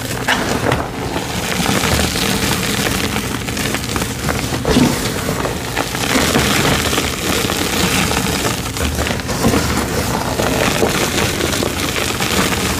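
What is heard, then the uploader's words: Chalk is worked in a dense, continuous gritty rustle that stays at a steady level throughout, with a low rumble underneath. Brief crunchy scrapes stand out now and then, the most pronounced just before the five-second mark, against otherwise even grinding noise. Crushing black gym chalk blocks and reforms, plus the full reforming process, including paste mixing.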